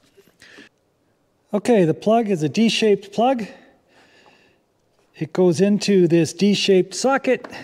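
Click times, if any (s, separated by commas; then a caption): none. A D-shaped cable plug from a solar charge controller is handled next to the matching D-shaped socket on a Bluetti Apex 300 power station while someone talks, with a brief faint sound near the start. Nothing has seated or clicked yet.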